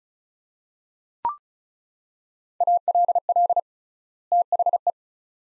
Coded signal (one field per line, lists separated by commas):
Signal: Morse code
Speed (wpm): 36 wpm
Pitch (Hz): 700 Hz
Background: none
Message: ALL THE